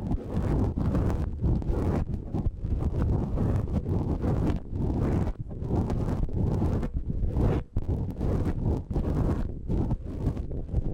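A tip brush swishes and scrapes directly over the microphone in dense, continuous strokes, with brief dips every second or so as it lifts. The sound is very close, low and rumbling, with a rough, windy rustle and occasional brighter scratchy bursts.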